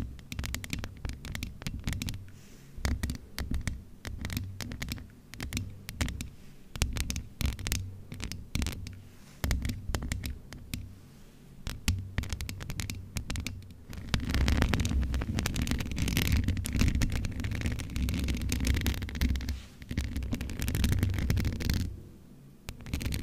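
Scratching and rubbing directly on a microphone, a dense run of rough, crackling strokes with a low thumping underneath. The first half comes in choppy bursts with short gaps; from about fourteen seconds the scraping turns louder and nearly continuous, brightening before stopping abruptly near the end.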